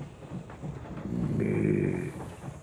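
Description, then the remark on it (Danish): A voice imitates a rusty, dirty, grimy old locomotive grumbling, groaning and mumbling: a low, rumbling drone that swells into a sustained moaning groan before trailing off, with no words spoken. “Det rustne, snavsede, sølede lokomotiv gav sig til at brumle og stønne og mumle.”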